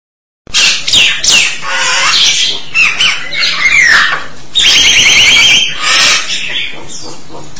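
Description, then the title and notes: Starling song begins abruptly with squeaky whistles and rasps, then a buzzy rattling trill mid-way and more chattering notes. "suara burung jalak"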